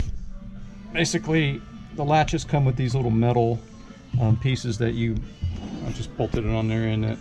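A plastic door latch, bolted with its metal catch plate to a DIY wooden storage drawer, is being handled while someone talks over background music. Nothing has seated or clicked yet; the drawer latch that locks shut has not gone home.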